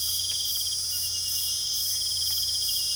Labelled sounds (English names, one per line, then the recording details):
none
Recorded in pastures near Puerto Asís, Putumayo, Colombia, on 8 March 2025 at 00:30
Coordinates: 0.497, -76.327
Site G072